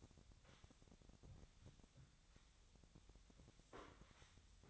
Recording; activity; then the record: daily activity, microphone in the room; sweep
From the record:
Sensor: 3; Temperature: 25.7 degrees Celsius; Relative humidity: 37.5%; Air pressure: 1006.9 hPa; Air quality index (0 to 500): 204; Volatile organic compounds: 18 ppm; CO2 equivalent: 2612 ppm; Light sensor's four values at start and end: 10/25/10/10 and 10/25/10/10